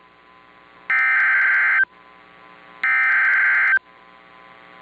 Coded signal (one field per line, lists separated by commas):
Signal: Emergency Alert System (SAME) tones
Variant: header bursts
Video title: Laclede County, MO Civil Emergency Messages EAS Audio | 04/23/2024